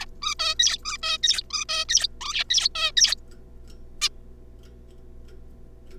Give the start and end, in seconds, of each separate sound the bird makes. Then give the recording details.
0.01-0.05, 0.22-0.34, 0.39-0.55, 0.59-0.78, 0.83-0.97, 1.03-1.18, 1.23-1.43, 1.50-1.65, 1.69-1.85, 1.89-2.08, 2.21-2.44, 2.50-2.69, 2.75-2.91, 2.97-3.15, 4.02-4.09. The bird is a juvenile. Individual R3549